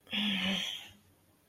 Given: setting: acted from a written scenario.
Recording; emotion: vocal sound without words; contempt